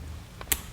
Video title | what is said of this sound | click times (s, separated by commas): Install Mic-Mutes on 2012 Honda Goldwing GL1800 | and you'll hear a little click. | 0.5 s